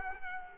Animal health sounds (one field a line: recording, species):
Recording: mosquito wingbeat signal from an infrared sensor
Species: Culex quinquefasciatus